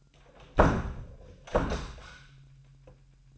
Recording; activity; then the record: daily activity, microphone in the room; close door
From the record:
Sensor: 2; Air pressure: 998.3 hPa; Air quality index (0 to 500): 138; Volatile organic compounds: 4 ppm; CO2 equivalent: 1564 ppm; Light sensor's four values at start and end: 12/36/14/14 and 12/36/14/14